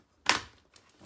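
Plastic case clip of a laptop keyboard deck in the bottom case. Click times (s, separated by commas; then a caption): 0.3 s. A plastic case clip holding the keyboard deck into the bottom case of an HP Stream 11-d016na laptop, whose power jack was damaged, is pried open with a tool worked round the edge. A sharp, bright snap at 0.3 s fades quickly into quiet, with only a faint tick afterward. The clip pops open and is released.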